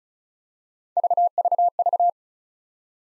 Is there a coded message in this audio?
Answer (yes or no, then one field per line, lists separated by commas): no